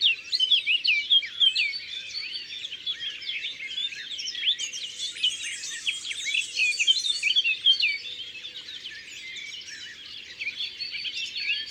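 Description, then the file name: Eurasian blackcap song, a long continuous run of fast chattering and warbled notes, with many other birds singing together in the background. Recorded in the Drôme, France. "Fauvette a tete noire Concerts Naturels de la Drome Studio les Trois Becs"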